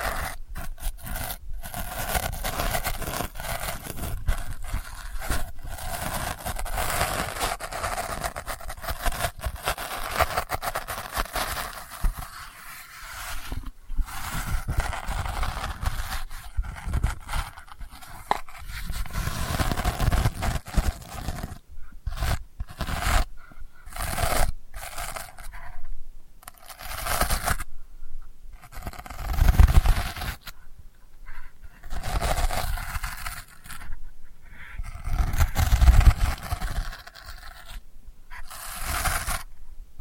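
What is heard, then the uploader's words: Delicate scratching runs for the whole forty seconds, a dry, bright rasping made of bursts of strokes with short silent gaps between them. The strokes are quicker and denser early on and grow more broken and spaced out toward the end. ASMR Delicate Scratching for Sleep (No Talking).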